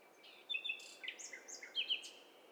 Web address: Hi Fi STEREO BIRD COCKTAIL PARTY Challenge HDBird Cocktail Party